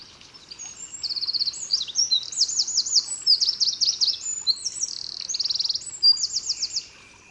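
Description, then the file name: Eurasian wren giving a long energetic song of piercing high notes, rapid rattles and trills, lasting about six seconds before stopping. "Troglodytes troglodytes"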